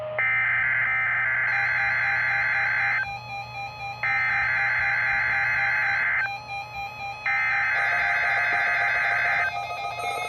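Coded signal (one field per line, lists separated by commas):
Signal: Emergency Alert System (SAME) tones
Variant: header bursts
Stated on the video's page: Required Weekly Test for the Georgia statewide tornado drill, relayed over the weather radio listening area.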